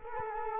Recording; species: mosquito wingbeat signal from an infrared sensor; Culex quinquefasciatus